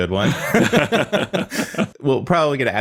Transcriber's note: laughs